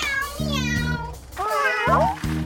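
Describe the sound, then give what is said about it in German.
Several kittens meow in quick succession, high-pitched and wavering, one cry sliding upward before trailing off, with a low steady hum running underneath throughout. “Dann schlug er den Kätzchen die Tür vor der Nase zu.”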